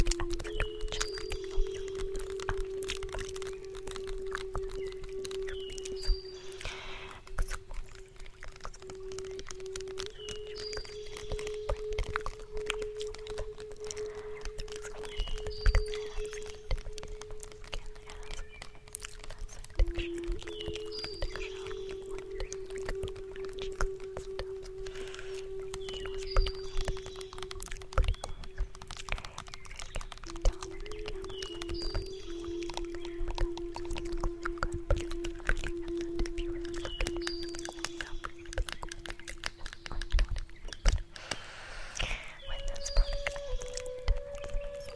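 A native flute plays long, slow held notes in a low-middle register, shifting pitch only every ten seconds or so, with a higher note near the end. Underneath runs a steady crackling hiss, with faint chirps scattered throughout.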